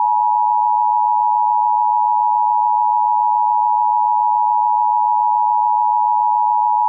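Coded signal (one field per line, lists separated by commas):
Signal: Emergency Alert System (SAME) tones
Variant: 853 and 960 Hz attention tone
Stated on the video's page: Fictional EAS scenario, remastered.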